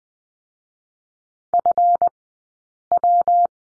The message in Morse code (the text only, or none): FW